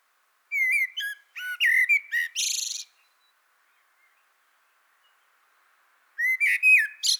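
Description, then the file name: Common blackbird singing two phrases about three seconds apart, each a rich fluted warble breaking into scratchy, high-pitched twittering notes; no other sounds. "Turdus merula"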